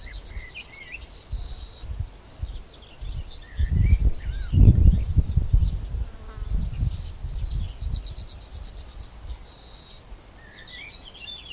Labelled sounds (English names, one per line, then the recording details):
Yellowhammer song
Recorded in the wild
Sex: male
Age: adult
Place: Köppchensee, Berlin, DE
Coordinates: 52.6167, 13.3667
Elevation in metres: 40
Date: 2000-05-21 13:40
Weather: heiter, 17°C
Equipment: Nagra SN, Kopie Uher 4000 Report Monitor
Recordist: Tembrock, Günter